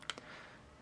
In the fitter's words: the board may fall out of the rubber that's fine it just snaps